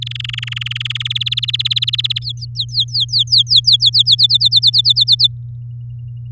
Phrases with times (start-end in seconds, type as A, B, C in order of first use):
0.02-1.03 A, 1.05-2.19 B, 2.22-4.15 C, 4.18-5.27 D